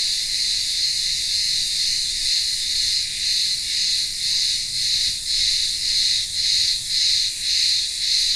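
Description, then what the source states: Cicadas drone in a harsh, high continuous chorus, its loudness pulsing evenly about twice each second. Cicadas singing in the midday heat in a village town square on the remote Greek island of Ikaria.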